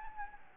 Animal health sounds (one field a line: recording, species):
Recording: mosquito wingbeat signal from an infrared sensor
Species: Anopheles gambiae